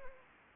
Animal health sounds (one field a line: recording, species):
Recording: mosquito wingbeat signal from an infrared sensor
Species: Anopheles gambiae